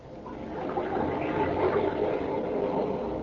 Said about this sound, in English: Those are waves of the Mediterranean caressing the shores of romantic Mallorca, where Elgin American found the simulated pearls of all time.